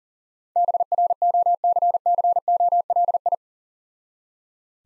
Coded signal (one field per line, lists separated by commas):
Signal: Morse code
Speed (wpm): 40 wpm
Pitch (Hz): 700 Hz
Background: none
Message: BROCCOLI